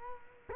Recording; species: mosquito wingbeat signal from an infrared sensor; Culex quinquefasciatus